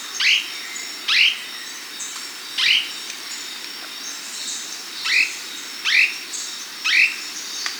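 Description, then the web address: Slaty gnateater calls: sharp, squeaky notes that sweep up then drop, repeated at irregular intervals over a steady high hiss. Andean bird of South America. "S America Andean Birds. Slaty Gnateater (Conopophaga Ardesiaca)"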